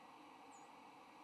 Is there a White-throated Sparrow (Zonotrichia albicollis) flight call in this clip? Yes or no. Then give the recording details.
yes. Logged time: 07:00 on 3 November 2014